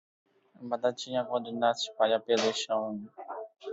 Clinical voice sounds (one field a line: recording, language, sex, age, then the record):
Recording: short text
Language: Brazilian Portuguese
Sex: male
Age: 20 to 29 years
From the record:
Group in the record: control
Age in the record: 22 years